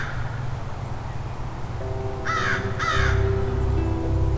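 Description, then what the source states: American Crow gives two quick harsh caws back to back, over a steady droning hum with low tonal lines and rumbling background. Crows worked up about something unseen, or possibly normal interaction, perched above the recordist.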